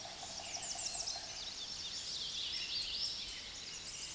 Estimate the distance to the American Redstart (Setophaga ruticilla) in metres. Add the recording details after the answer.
about 65 m. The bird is about level with the microphone. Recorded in a Pennsylvania forest on 16 May 2024 at 06:12. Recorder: AudioMoth, point MSD-2478. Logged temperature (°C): 15.6 °C. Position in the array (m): 110 m, 225 m